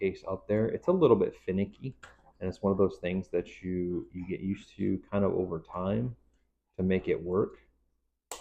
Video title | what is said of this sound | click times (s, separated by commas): Quadlock vs Mous Intralock! Which one is best??? | um got to get it in just the right spot and then there's that positive click once it clicks in there | 8.3 s